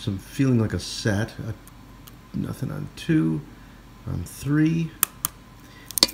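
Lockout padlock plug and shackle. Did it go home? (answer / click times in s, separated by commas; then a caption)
released / 6.0 s. Someone talks while picking a Chateau lockout padlock with a tension bar and pick, and a few faint ticks sound near the end. At 6.0 s the last pin sets, the plug turns and the shackle releases with two sharp metallic clicks close together, leaving the lock open.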